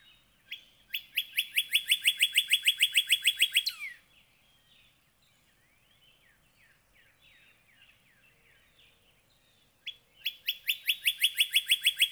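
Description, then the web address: Northern cardinal song: long fast trill of loud repeated notes ending in a downslurred whistle, several seconds of faint background chirping, then the rapid series resumes. "birdsongforthecurious songs Northern Cardinal"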